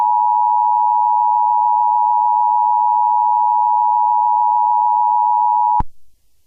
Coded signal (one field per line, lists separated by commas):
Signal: Emergency Alert System (SAME) tones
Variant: 853 and 960 Hz attention tone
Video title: Old National Supers Department Emergency Alert System